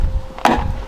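The top socket of an automatic boot gas strut on a Fiesta is twisted round, lifted and pushed onto its tailgate ball stud. A faint tick at 0.4 s is followed by a sharp, solid click at 0.5 s as the socket snaps onto the ball stud. The strut end is seated.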